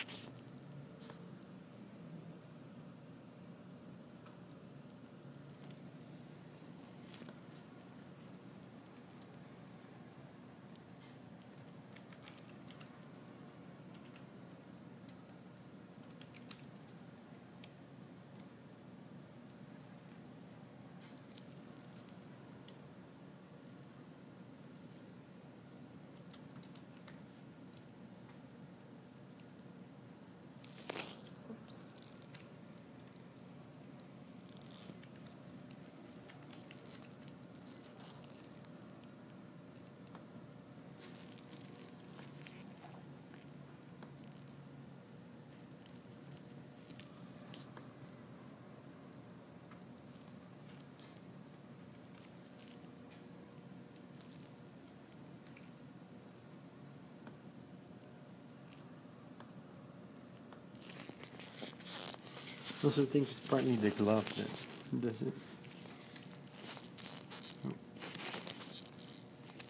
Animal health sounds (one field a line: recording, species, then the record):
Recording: mosquito flight sound by mobile phone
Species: Culex quinquefasciatus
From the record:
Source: SanMateoVCD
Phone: iPhone 4S